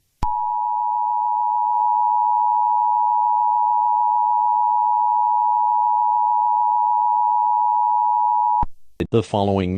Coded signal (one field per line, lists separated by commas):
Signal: Emergency Alert System (SAME) tones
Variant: 853 and 960 Hz attention tone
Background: speech